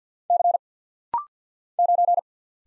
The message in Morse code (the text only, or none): C 9